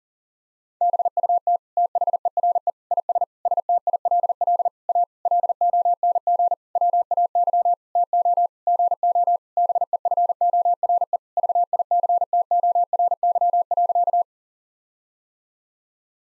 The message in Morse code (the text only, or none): BUT THERE IS STILL A LONG WAY TO GO BEFORE VICTORY.